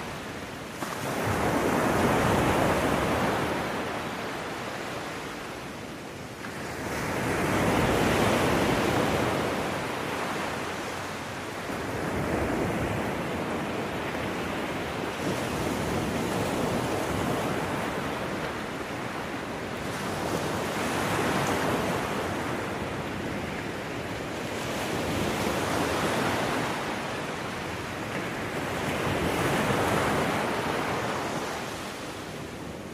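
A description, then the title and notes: Stormy waves crash onto a beach in a steady rhythm. A surge swells and breaks roughly every five seconds, near 2, 8, 13, 19, 24 and 30 seconds, and the hiss recedes between them. Wind rushes and buffets the microphone throughout. Relax and enjoy the sounds of stormy waves hitting the beach.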